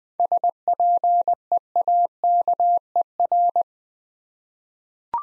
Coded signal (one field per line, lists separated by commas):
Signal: Morse code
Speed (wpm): 20 wpm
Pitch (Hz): 700 Hz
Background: none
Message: SPEAKER